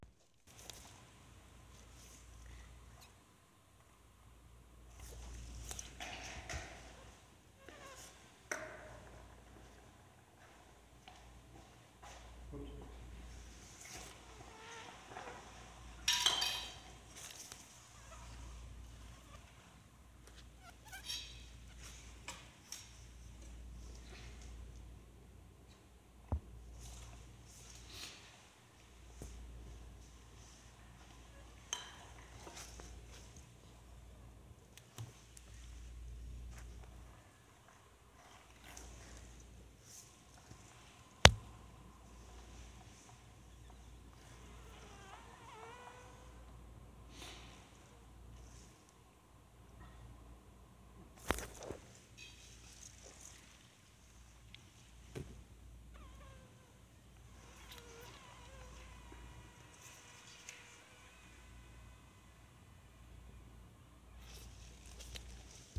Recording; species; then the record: mosquito flight sound by mobile phone; Anopheles dirus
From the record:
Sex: mixed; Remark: in a cage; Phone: Sony Xperia